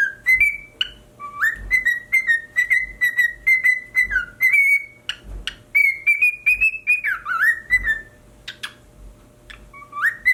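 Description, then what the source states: Cockatiel giving repeated clear whistled notes, some rising and some dipping, in a quick uneven series, with occasional sharp clicks between phrases. Pied cockatiel.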